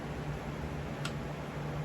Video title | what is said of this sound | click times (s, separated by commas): Rovic RV1D Disc Golf Cart Unboxing and Review | which allows the front wheel to click up into this position, and it clicks into place. | 1.0 s